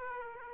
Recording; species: mosquito wingbeat signal from an infrared sensor; Aedes aegypti